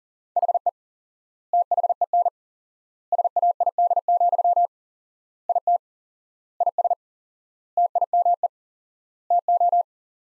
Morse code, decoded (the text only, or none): HE THEN SAID, IT IS TIME TO